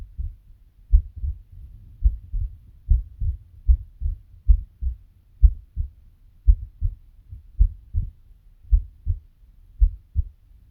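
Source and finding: Heart, close up. Heartbeat.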